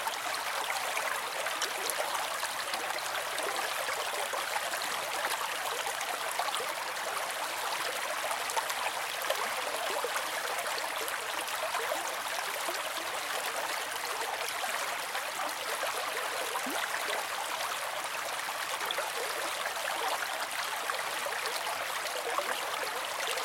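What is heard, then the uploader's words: A babbling brook runs steadily throughout, a dense wash of bright splashing and trickling with no pauses or swells. The water sounds close, its crisp chatter filling the upper range while little low rumble comes through. The level holds even from start to finish. Babbling Brooke.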